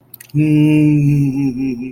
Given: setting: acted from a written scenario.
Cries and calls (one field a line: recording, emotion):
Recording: vocal sound without words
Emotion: amusement